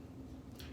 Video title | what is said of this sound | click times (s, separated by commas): Critique part 2 | up the safety cap until i hear a click | 0.6 s